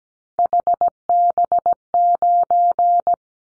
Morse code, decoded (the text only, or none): HB9